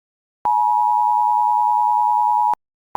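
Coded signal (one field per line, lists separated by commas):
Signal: Emergency Alert System (SAME) tones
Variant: 853 and 960 Hz attention tone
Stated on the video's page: Fictional EAS scenario alert about an endless eclipse.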